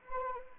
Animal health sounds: mosquito wingbeat signal from an infrared sensor; Anopheles arabiensis

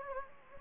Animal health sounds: mosquito wingbeat signal from an infrared sensor; Anopheles gambiae

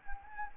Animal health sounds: mosquito wingbeat signal from an infrared sensor; Anopheles gambiae

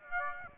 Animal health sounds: mosquito wingbeat signal from an infrared sensor; Aedes aegypti

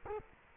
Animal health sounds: mosquito wingbeat signal from an infrared sensor; Culex quinquefasciatus

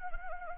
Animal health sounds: mosquito wingbeat signal from an infrared sensor; Anopheles arabiensis

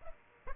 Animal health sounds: mosquito wingbeat signal from an infrared sensor; Aedes aegypti

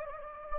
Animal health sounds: mosquito wingbeat signal from an infrared sensor; Anopheles gambiae

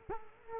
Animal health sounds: mosquito wingbeat signal from an infrared sensor; Culex quinquefasciatus

